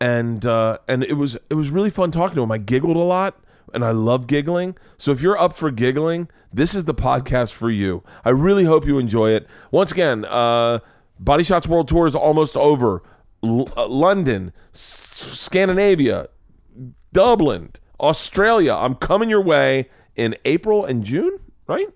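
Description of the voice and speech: An adult man speaks fluently and clearly at a relaxed pace, with ordinary voice and no disfluencies.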